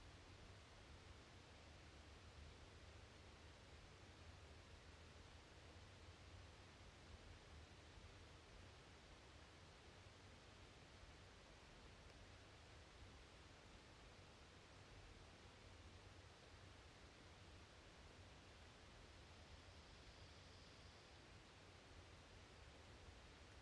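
A still night in a deciduous forest, heard as an even, unbroken hiss that stays level for the whole stretch. A soft low rumble runs underneath throughout, and a faint, brief high tone rises out of the hiss around twenty seconds.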